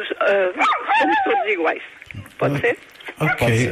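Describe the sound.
A dog barks and yips in the background, with high, wavering whine-like cries, while a person talks over it.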